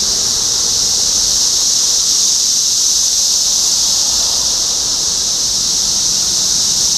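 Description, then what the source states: Cicada chorus, a loud, steady shrill whirring that stays constant from start to finish. Cicadas recorded in Topeka, Kansas, on 14 June 2015.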